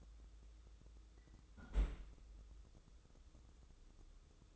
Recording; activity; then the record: daily activity, microphone in the room; close fridge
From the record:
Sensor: 3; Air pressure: 995.3 hPa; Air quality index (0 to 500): 77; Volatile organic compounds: 5 ppm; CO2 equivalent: 1834 ppm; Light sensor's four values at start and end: 19/56/24/20 and 19/56/24/20